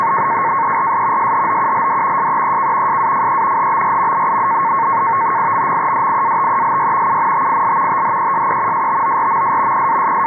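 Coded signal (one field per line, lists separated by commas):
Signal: NAVTEX (SITOR-B)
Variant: 100 baud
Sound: rapid warbling two-tone chatter around 1 kHz over steady hiss, continuous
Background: radio static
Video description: Here I am receiving and decoding a NAVTEX-SITORB message from the station in Norfolk, VA. I was tuned to 517 kHz Upper Sideband in order to capture the audio from the signal centered on 518 kHz.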